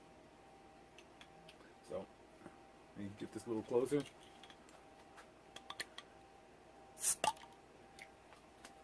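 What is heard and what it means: Someone talks while opening the cap on a glass bottle of leftover carbonated beer, with a few faint ticks and handling sounds around it. A sharp pop rings out at 7.2 s as the cap comes off, releasing the gas and confirming the beer is carbonated.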